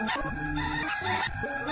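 Turkey gobbling: a rough, gurgling, rattling burst of harsh fowl notes lasting under two seconds, with dense overlapping harmonics and no other clear sounds.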